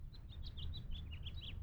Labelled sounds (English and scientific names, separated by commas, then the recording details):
House Finch (Haemorhous mexicanus) song
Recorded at Lynbrook on Long Island, New York, on 17 June 1975
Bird D